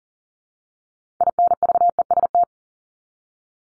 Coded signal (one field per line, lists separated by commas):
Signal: Morse code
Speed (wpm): 40 wpm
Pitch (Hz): 700 Hz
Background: none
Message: INVEST